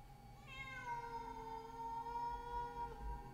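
At night in the countryside, a cat lets out a single long, mournful meow, high and wavering slightly as it holds the note for nearly three seconds, alone over a faint low rumble.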